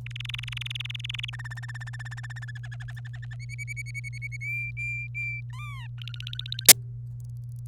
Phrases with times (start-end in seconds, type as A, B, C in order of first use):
0.06-1.30 A, 1.33-2.51 B, 2.55-3.35 C, 3.40-4.37 D, 4.41-5.41 E, 5.50-5.87 F, 5.98-6.67 G